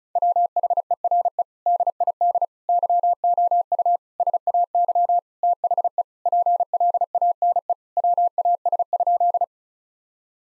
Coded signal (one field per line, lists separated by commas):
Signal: Morse code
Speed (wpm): 36 wpm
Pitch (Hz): 700 Hz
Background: none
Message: WHERE DID YOU SAY THE PLANE WAS?